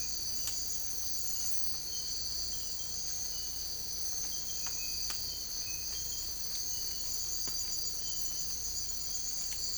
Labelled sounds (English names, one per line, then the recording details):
none
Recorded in secondary vegetation near Puerto Asís, Putumayo, Colombia, on 22 December 2024 at 04:00
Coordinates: 0.481, -76.318
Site G042